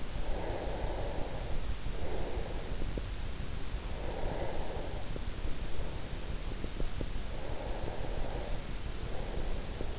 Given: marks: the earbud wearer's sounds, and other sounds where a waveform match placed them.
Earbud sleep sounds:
sounds in sleep by an in-ear microphone; breath
0.00-3.11 s: breath
4.00-6.01 s: breath
7.26-9.95 s: breath

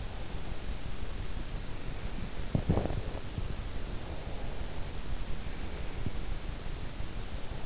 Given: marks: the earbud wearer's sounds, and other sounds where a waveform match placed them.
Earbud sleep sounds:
sounds in sleep by an in-ear microphone; body movement
2.60-3.12 s: body movement

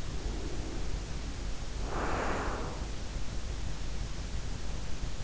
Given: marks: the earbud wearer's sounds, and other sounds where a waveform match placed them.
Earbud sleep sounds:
sounds in sleep by an in-ear microphone; breath
0.04-3.19 s: breath

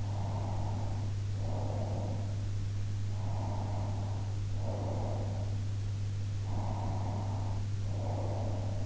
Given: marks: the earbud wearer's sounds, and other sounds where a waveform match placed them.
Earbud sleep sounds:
sounds in sleep by an in-ear microphone; breath
0.05-2.05 s: breath
3.31-5.44 s: breath
6.44-8.86 s: breath

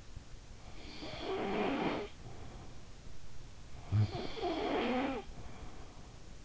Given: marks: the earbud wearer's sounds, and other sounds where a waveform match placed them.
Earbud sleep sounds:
sounds in sleep by an in-ear microphone; snoring breath
0.44-2.69 s: snoring breath
3.44-6.00 s: snoring breath

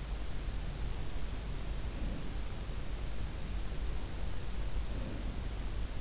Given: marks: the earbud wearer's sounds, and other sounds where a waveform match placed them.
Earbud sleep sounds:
sounds in sleep by an in-ear microphone; breath
1.82-2.30 s: breath
4.89-5.37 s: breath

